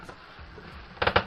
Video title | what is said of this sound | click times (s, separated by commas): Installation of the routing kit | you will hear it click into this position you | 1.0 s, 1.1 s, 1.2 s